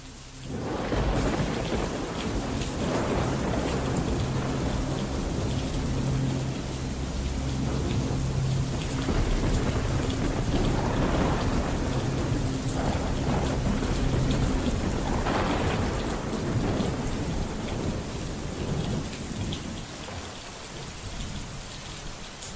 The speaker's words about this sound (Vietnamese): Sau đó chỉ là tiếng mưa rào rào cùng với tiếng sấm chớp vang rền trên tầng không.